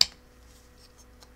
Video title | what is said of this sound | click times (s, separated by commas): Loot Crate September 2017 R2-D2 Build | it into place on the very bottom I actually heard the audible click there | 0.0 s